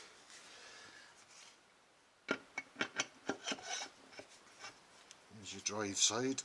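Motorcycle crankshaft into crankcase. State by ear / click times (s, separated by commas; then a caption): not seated / none. A lightened crankshaft from a pre-war AJS Model 22 250 motorcycle is handled and lined up with the drive-side crankcase, making rubbing and scraping sounds with a run of sharp knocks starting around 2.3 seconds while someone talks. The crank has not yet seated or clicked home in the crankcase.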